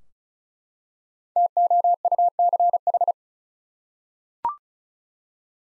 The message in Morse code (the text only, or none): TOUCH